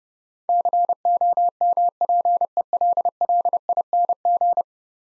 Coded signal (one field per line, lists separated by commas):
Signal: Morse code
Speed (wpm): 30 wpm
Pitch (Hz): 700 Hz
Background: none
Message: COMPELLING